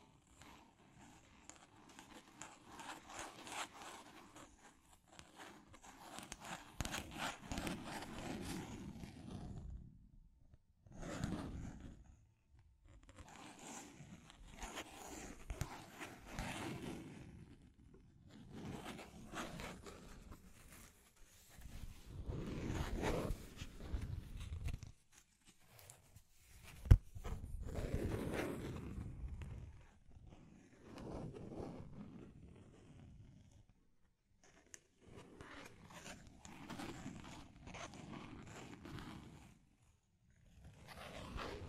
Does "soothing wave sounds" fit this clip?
no